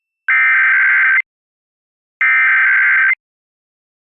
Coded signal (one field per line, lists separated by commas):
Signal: Emergency Alert System (SAME) tones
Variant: header bursts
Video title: WETA-TV Washington D.C Required Monthly Test (EAS #1270) 9/20/23